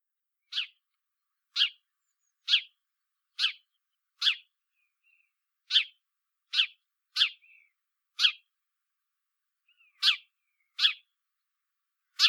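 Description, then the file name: House sparrow calling with a series of loud clipped chirps, roughly one per second with a few longer gaps, and a few faint softer notes between. "Passer domesticus"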